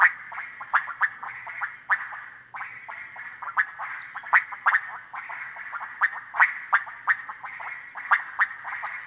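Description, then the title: Frogs calling together in a dense run of quick clucking notes, louder ones standing out now and then, with a steady high trill that stops and starts. Frogs gathered at small ponds and puddles in humid cloud forest, Harenna Forest; call day and night; overcast, hot, muggy afternoon, birds mostly quiet; 23 September 2018; Sony PCM D100. "180923 Harenna Forest - Frogs At Pond"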